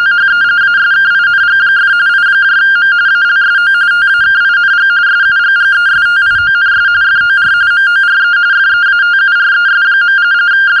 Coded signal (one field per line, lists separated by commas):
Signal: RTTY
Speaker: of course, for those of you watching this on YouTube, you could try decoding it.